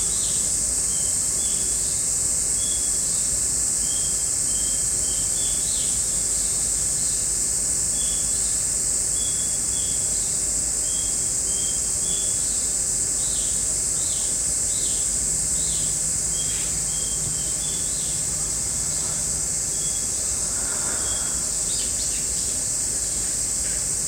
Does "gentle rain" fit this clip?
no